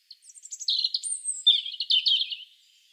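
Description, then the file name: European robin song: one clear, rapid phrase of high, tinkling and trilled notes, with a thin, drawn-out whistle partway through. "Erithacus rubecula"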